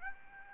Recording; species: mosquito wingbeat signal from an infrared sensor; Aedes albopictus